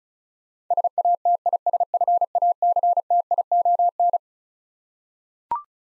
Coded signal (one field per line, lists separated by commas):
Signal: Morse code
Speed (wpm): 36 wpm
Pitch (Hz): 700 Hz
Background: none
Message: SATISFACTION